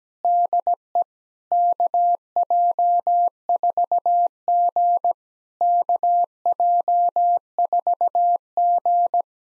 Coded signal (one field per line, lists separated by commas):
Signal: Morse code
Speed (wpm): 17 wpm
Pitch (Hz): 700 Hz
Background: none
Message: DE KJ4G KJ4G